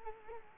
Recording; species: mosquito wingbeat signal from an infrared sensor; Culex quinquefasciatus